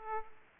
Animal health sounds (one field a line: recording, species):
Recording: mosquito wingbeat signal from an infrared sensor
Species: Aedes aegypti